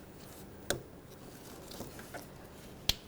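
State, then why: Seated. A plastic wiring harness connector on a 2013-2018 Toyota RAV4, lined up with its locking tab on the lock side, is pushed onto the headlight assembly socket while the headlight is plugged back in during a radiator replacement. A sharp tap comes at 0.7 s and a softer rustle near 1.7 s, then the connector clicks in at 2.9 s and is seated.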